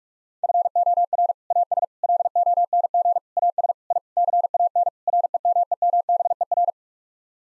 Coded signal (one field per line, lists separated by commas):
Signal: Morse code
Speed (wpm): 46 wpm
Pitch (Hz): 700 Hz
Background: none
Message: FOR AS LONG AS I CAN REMEMBER